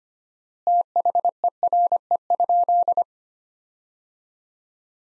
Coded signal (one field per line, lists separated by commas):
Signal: Morse code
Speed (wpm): 25 wpm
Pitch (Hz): 700 Hz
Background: none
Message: THERE?